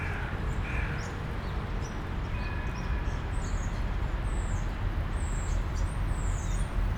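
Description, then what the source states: European starling whistles, drawn-out high notes mostly in the second half, with lower tonal notes early on and constant traffic rumble. Starlings in plane trees, Parc Pierron, Molenbeek-Saint-Jean, Brussels, Belgium; city park with car and tram traffic; recorded with Lom mikroUsi AB microphone into Deity PR-2.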